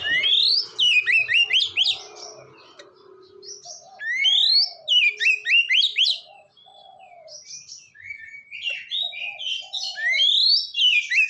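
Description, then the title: Oriental magpie-robin singing loud, varied phrases of rapid, sweeping whistles and chattering notes, in bursts with short pauses. "kacer"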